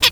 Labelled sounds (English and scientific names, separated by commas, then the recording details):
Zebra Finch (Taeniopygia guttata) tet call
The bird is a female
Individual fem8